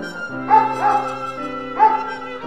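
A small dog gives three quick, high-pitched yapping barks, two close together and one after a short pause, over a steady humming background tone.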